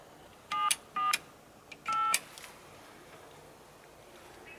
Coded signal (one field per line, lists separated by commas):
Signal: DTMF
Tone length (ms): 200 ms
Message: 748